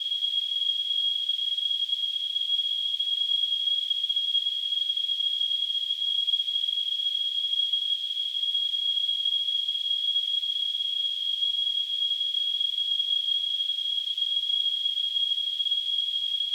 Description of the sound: Tinnitus.